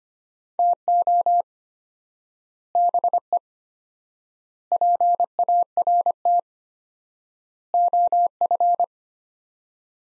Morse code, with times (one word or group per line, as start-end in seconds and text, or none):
0.6-1.4 TO
2.8-3.4 BE
4.7-6.4 PART
7.7-8.8 OF